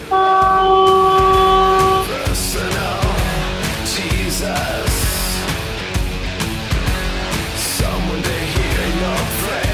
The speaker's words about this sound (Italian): Oh, senti, il camion. Come fa, trombe, come fa?